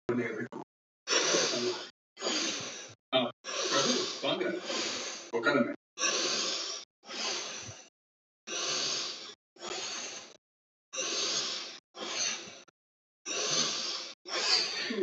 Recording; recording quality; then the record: deep breathing; moderate, slight background noise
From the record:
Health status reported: healthy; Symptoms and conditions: none ticked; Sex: male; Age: 44 years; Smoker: not ticked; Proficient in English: yes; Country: India